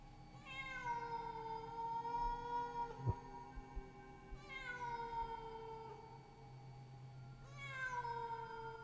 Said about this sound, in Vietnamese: Vừa đặt chân xuống bếp thì tiếng mèo kêu thảm thiết lại vang lên.